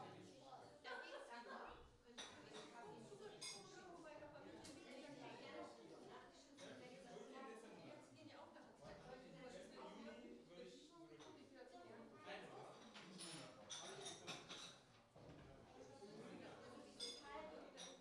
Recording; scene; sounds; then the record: everyday scene through a hearing-aid microphone; many people talking; many voices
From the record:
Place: parish hall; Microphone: in the ear canal, right